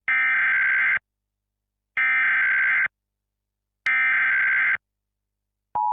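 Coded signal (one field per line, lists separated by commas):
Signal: Emergency Alert System (SAME) tones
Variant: header bursts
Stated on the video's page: Inaccurate fictional EAS alert made for a school project.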